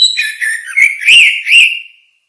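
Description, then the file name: Orange-headed thrush with a sweet whistled phrase, wavering notes run together and ending in two louder slurred whistles. "suara kicau burung anis merah luar biasa"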